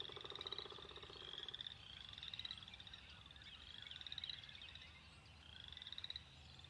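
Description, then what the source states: Spring peepers giving a loose series of high rising peeps; a lower pulsed trill from another caller sounds during the first second and a half. Recorded on 2021-04-06.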